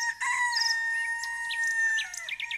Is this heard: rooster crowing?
yes